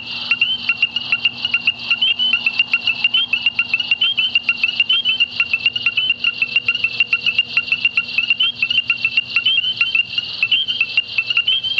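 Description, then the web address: Tree frogs in a busy chorus, a steady stream of sharp high clicks overlaid with repeated short chirping notes. "frogs Family Hylidae"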